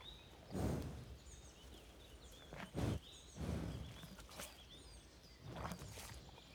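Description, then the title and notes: Cow breathing in four strong, snorting puffs at uneven intervals, with light crunching between. Curious cow eating very close, its warm breath audible, in the Marais Poitevin marshes at Le Mazeau, France, at 09:20; MixPre-6 II with DPA 4022 microphones in ORTF. "Jolie Marais, 85420 Le Mazeau, France - A TAAAABLE DANS LES MARAIS. REPAS DE VACHE. EXTJ_VACHE MANGE ET SOUFFLE_MARAIS POITEVIN_09H20. En grande proximité, repas d'une vache dans les Marais. Curieuse, son souffle en proximité est fort chaleureux"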